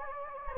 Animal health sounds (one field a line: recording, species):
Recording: mosquito wingbeat signal from an infrared sensor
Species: Anopheles gambiae